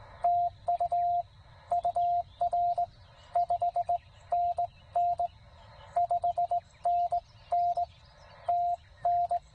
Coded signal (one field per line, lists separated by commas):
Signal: Morse code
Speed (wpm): 18 wpm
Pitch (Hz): 690 Hz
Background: none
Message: TU UR 5NN 5NN TN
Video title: 7 June Parks on the Air in CW